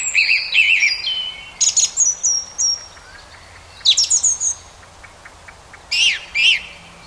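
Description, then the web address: Song thrush song: loud, varied high phrases, each repeated two or three times, separated by short pauses, with faint calls of other birds in the background. Singing at dusk, with other birds singing in the background. "Ian Hubball Song Thrush"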